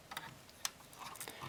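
On a 1/6 scale Trumpeter PLA Chinese Type 63 MLRS plastic model rocket launcher, a plastic travel-lock part is pushed and wiggled into its slot in the model's lock section. Faint plastic ticks sound around 0.2 s and again from about 1.2 s to 1.5 s, with one sharp, clear click at 0.65 s. The travel lock settles and seats in its slot.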